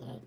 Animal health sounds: pig call; piglet (1 to 25 days)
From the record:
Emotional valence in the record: negative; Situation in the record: short isolation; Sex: male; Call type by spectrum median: low-frequency call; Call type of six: low-frequency stable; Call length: 0.27 s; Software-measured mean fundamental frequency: 58 Hz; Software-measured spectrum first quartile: 159 Hz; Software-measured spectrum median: 294 Hz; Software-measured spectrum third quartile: 660 Hz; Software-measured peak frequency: 231 Hz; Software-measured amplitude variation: 129 dB a second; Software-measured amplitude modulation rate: 24.1 a second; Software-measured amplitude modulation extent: 5.4 dB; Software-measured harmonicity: -2.5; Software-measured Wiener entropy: -0.22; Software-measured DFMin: 1376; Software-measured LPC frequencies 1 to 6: 1592, 3139, 4851, 6052, 7715, 9419 Hz

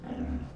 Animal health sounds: pig call; growing-finishing pig (85 days or more)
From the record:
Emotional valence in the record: negative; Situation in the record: barren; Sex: female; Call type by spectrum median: low-frequency call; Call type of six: low-frequency stable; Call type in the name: low-frequency stable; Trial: 1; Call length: 0.56 s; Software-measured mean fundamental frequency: 63 Hz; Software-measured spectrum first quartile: 96 Hz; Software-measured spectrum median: 215 Hz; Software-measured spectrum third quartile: 348 Hz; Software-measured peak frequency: 246 Hz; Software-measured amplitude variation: 157 dB a second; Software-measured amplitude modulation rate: 23.0 a second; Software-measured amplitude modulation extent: 6.8 dB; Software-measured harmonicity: 0.4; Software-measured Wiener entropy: 0.12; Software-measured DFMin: 866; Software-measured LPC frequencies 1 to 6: 1637, 2840, 4646, 5286, 6128, 7545 Hz

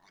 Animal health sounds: pig call; piglet (1 to 25 days)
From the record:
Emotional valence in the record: positive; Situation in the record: short reunion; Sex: female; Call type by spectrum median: low-frequency call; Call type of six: low-frequency tonal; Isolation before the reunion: 3 minutes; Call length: 0.11 s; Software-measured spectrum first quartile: 889 Hz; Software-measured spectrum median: 1852 Hz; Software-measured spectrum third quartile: 3456 Hz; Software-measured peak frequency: 2178 Hz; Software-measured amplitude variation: 74 dB a second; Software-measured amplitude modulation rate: 9.4 a second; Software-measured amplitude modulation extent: 7.9 dB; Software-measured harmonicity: 0.6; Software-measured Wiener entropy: -1.52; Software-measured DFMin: 627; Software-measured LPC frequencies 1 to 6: 915, 2151, 3558, 4700, 5983, 7185 Hz

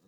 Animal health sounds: pig call; piglet (1 to 25 days)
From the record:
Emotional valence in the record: positive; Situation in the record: short reunion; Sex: female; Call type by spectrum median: low-frequency call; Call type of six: low-frequency tonal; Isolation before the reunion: 3 minutes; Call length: 0.08 s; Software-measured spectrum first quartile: 251 Hz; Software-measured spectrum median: 722 Hz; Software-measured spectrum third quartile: 5280 Hz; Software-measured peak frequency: 187 Hz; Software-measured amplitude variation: 72 dB a second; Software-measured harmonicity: 4.1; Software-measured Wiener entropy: -2.85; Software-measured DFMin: 790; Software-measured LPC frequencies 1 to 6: 1273, 3846, 4682, 5951, 6975, 8288 Hz

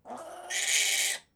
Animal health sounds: pig call; piglet (1 to 25 days)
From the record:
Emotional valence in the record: negative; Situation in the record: restrain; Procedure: back test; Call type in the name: high-frequency call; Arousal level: low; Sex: male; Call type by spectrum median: high-frequency call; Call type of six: mixed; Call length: 1.36 s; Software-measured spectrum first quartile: 2669 Hz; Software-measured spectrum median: 4805 Hz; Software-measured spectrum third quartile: 7432 Hz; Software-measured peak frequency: 2271 Hz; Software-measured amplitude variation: 146 dB a second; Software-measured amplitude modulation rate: 21.0 a second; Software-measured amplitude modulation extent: 7.0 dB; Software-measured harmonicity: -1.6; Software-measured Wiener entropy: -2.29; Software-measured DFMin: 828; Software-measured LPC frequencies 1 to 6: 737, 1993, 2321, 3150, 3857, 4686 Hz

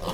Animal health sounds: pig call; piglet (1 to 25 days)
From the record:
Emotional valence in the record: positive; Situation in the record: reunion after long isolation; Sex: female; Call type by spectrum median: low-frequency call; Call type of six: low-frequency tonal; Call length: 0.14 s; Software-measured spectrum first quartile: 317 Hz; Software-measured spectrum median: 787 Hz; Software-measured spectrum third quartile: 1929 Hz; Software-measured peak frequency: 516 Hz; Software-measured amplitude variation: 102 dB a second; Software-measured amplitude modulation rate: 17.9 a second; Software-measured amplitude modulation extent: 5.7 dB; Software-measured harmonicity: 0.5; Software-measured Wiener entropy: -1.48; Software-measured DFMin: 825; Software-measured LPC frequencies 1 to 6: 537, 1055, 2939, 3364, 4109, 4679 Hz

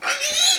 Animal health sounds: pig call; piglet (1 to 25 days)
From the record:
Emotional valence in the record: negative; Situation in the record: missed nursing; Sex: male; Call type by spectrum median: high-frequency call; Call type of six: high-frequency stable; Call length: 0.59 s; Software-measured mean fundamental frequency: 297 Hz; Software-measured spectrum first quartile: 3143 Hz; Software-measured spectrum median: 4188 Hz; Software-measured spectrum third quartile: 6574 Hz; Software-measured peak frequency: 3883 Hz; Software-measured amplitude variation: 130 dB a second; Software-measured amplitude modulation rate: 19.4 a second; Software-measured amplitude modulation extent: 6.7 dB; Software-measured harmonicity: 2.4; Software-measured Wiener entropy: -1.77

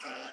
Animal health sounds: pig call; piglet (1 to 25 days)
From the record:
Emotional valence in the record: negative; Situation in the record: restrain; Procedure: in the arms of a person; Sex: female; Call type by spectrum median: low-frequency call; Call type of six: low-frequency stable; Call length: 0.32 s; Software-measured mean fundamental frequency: 62 Hz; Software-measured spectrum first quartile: 873 Hz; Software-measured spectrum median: 1573 Hz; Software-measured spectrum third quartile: 3036 Hz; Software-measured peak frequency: 762 Hz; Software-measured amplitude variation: 70 dB a second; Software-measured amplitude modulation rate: 26.2 a second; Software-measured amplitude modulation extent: 2.7 dB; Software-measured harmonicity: -1.1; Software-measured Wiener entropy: -0.85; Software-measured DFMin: 707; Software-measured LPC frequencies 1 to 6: 661, 1406, 2358, 2728, 5031, 5462 Hz

